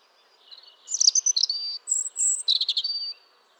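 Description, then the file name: European robin song, a varied run of thin high whistles and trills with rapid twittering notes, rising and falling over about two seconds in otherwise quiet surroundings. "Erithacus rubecula"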